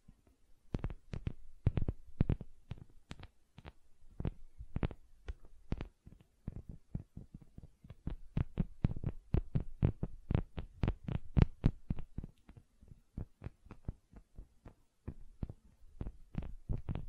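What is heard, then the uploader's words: Gentle silicone sounds: a steady run of soft, dull taps and squishes, each a short thump with a brief bright edge. They come quickly and fairly evenly, a few per second throughout, with a faint low rumble underneath. ASMR Gentle Silicon Sounds for Sleep (No Talking).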